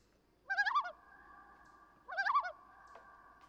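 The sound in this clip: Common loon uttering two wobbling tremolo calls about one and a half seconds apart, with a low background hiss.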